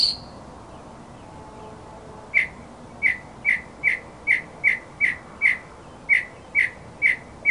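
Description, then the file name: Northern mockingbird song: one high note, a pause, then a run of about a dozen sharp chirps at a brisk, fairly steady pace. "kicauan burung northern mockingbird. omkicau"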